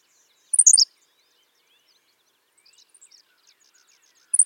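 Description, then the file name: Henslow's sparrow singing its brief, high hiccuping phrase twice, about four seconds apart, with soft high twitters in the gap. "Ammodramus henslowii - Henslow's Sparrow"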